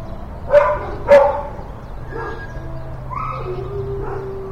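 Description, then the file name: Dog barks: two sharp barks in quick succession, followed by softer whining and thin, drawn-out whimpering tones. In a kennel. "dog kennel-Stephan Schutze"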